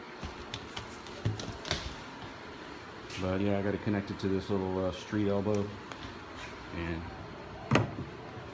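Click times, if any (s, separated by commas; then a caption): 7.8 s. A dust collector hose fitting from a Harbor Freight dust collector is pushed into a plastic street elbow on a Ridgid table saw stand, with a few light knocks early on while someone talks. The fitting pops into the elbow with a sharp click at 7.8 s, seated with a snug fit.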